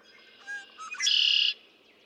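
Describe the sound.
Red-winged blackbird song, brief clipped notes leading into a loud, rasping buzzy trill of about half a second.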